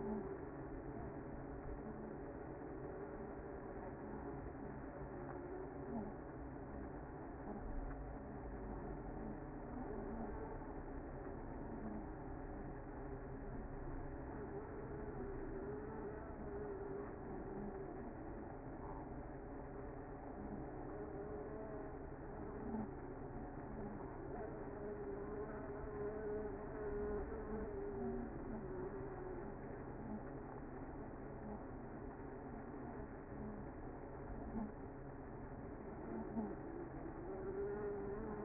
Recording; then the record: honeybee colony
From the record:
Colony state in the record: active